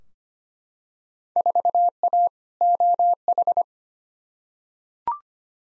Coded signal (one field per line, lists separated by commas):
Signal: Morse code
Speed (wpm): 25 wpm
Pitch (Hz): 700 Hz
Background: none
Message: 4A OH